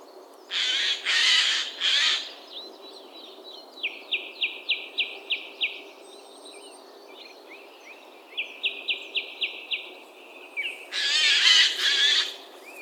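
Eurasian jay screeching harshly in short clusters at the start and end, with two quick series of clear piping notes in between.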